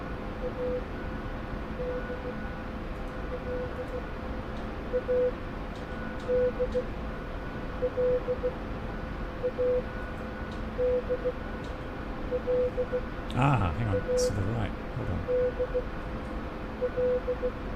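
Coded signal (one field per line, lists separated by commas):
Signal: Morse code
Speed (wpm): 16 wpm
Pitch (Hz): 500 Hz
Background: speech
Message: A D L A D L A D L A D L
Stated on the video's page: Morse heard in the DCS UH-1 Huey flight simulator game, Peacekeeper Campaign mission.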